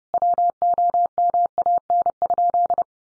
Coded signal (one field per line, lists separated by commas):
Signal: Morse code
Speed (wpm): 30 wpm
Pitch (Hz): 700 Hz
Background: none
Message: WOMAN?